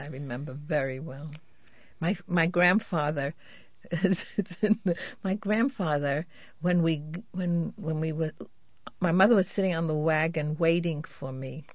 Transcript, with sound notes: I remember very well. My grandfather. ( she laughs ) My grandfather, when we -- when we were -- my mother was sitting on the wagon waiting for me